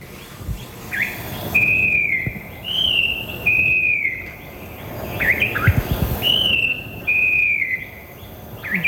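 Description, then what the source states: Falcated wren-babbler song: loud, clear whistled notes, each sliding slightly downward, given in a repeated series with short pauses between them. Loud song heard throughout; made in Asia.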